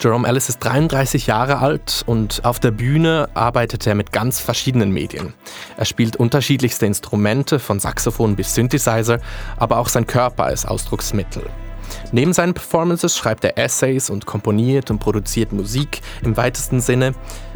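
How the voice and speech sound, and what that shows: An adult male radio host speaks fluently in German, in a steady, even narrating voice with few pauses.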